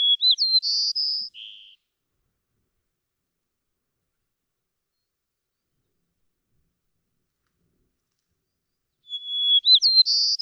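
White-crowned sparrow song: the buzzy end of one phrase, about seven seconds of silence, then the whistled opening of the next phrase.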